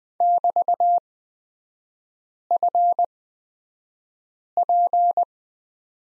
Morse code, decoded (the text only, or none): <BT>FP